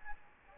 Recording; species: mosquito wingbeat signal from an infrared sensor; Anopheles gambiae